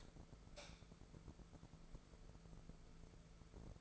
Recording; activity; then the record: daily activity, microphone in the room; light on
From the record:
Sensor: 5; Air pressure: 1014.7 hPa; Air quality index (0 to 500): 156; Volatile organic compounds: 5 ppm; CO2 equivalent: 1720 ppm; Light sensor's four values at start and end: 76/182/75/79 and 84/205/84/90